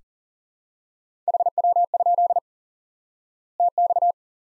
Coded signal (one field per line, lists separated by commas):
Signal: Morse code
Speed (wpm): 38 wpm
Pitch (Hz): 700 Hz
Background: none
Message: HW? TX